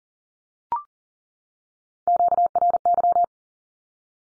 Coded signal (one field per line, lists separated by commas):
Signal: Morse code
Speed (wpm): 40 wpm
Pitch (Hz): 700 Hz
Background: none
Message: QRY